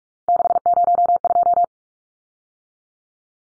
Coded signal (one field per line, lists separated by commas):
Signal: Morse code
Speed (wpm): 44 wpm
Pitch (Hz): 700 Hz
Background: none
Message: 602